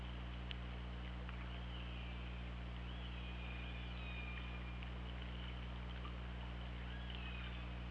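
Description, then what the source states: Orca calls, long gently bending tonal calls, one drawn out across a second or more, with occasional clicks and a steady low drone underneath. Underwater recording from an OrcaLab hydrophone, 24 August 2017, about 08:00.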